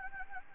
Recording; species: mosquito wingbeat signal from an infrared sensor; Anopheles gambiae